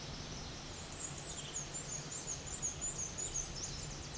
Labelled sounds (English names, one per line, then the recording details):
Black-and-white Warbler song
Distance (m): 30 m
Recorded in a Pennsylvania forest on 17 May 2023 at 12:06
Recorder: AudioMoth, point grid1_10_low
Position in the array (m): 49 m, 120 m